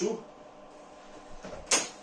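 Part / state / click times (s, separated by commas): plastic rear cover clip into TV frame / seated / 1.7 s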